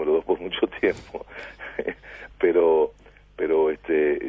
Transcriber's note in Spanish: se ríe